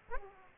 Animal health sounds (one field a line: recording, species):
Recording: mosquito wingbeat signal from an infrared sensor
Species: Aedes aegypti